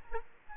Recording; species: mosquito wingbeat signal from an infrared sensor; Aedes aegypti